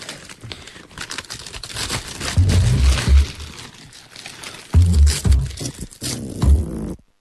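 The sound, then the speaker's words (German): Crinkling plastic rustles steadily while sharp ripping bursts like tape being pulled off a roll come in two or three loud stretches, a sack being cut open and taped together. “Ach, dann schneidest du eben noch einen auf und klebst sie zusammen. Ist doch genug Klebeband da.”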